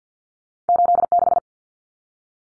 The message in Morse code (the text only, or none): 86